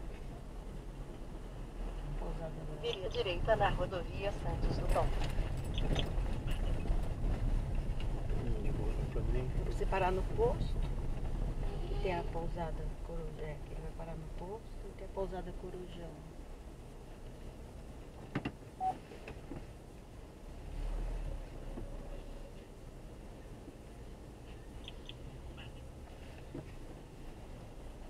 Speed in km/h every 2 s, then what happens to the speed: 11, 8, 9, 10, 9, 8, 7, 6, 0, 1, 2, 3, 4, 3.
0-14 steady at about 8. 14-16 slows to 0. 16-19 standing. 19-28 steady at about 3.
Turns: none.